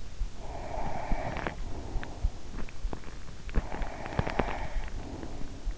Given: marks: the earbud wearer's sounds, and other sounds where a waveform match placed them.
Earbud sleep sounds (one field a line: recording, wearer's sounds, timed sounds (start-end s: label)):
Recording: sounds in sleep by an in-ear microphone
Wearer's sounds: breath, teeth grinding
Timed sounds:
0.44-2.34 s: breath
1.28-4.66 s: teeth grinding
3.52-5.78 s: breath